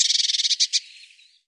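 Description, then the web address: Bird giving a rapid buzzy chatter of many pulses, strong at first and then trailing off into softer notes. "cianscape birddata Deverinetal 2025 File cleaned normalized Bird Cy Ca"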